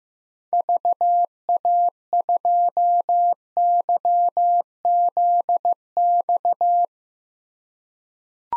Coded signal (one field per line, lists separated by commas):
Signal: Morse code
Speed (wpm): 15 wpm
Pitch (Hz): 700 Hz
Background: none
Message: VA2YZX